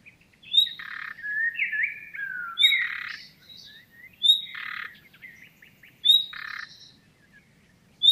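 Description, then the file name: Common nightingale song: sharp high whistled notes alternating with buzzy, rattling bursts and sliding warbles, in phrases about every two seconds, over a faint low hum. "Luscinia megarhynchos"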